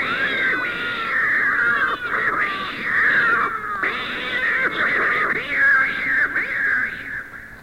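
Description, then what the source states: Domestic cats yowling and screeching together, dense overlapping wavering cries rising and falling without pause, harsh and tense throughout. Cat fight.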